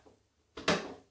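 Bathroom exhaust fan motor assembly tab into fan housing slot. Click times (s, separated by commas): 0.6 s, 0.7 s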